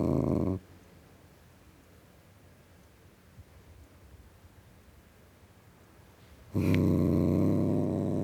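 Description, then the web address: Cat growl heard as a brief low rumble at the start, long near-silence, then a loud throaty growl resuming near the end. Tom cat (male) growling. "The BBC Sound Effects Library - Complete 60 CDs Collection (Cats) Tom Cat Growling"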